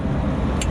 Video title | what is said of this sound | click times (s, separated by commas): Kenworth T880 Daycab Tour | with these mirrors this actually locks into place so you can use it as | 0.6 s